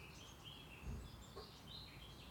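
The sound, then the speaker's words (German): Several birds twitter and chirp outdoors in overlapping high, thin calls over a steady low rumble of car traffic, faint and continuous with no voices. “Hier gibt es viel Vögelgezwitscher.”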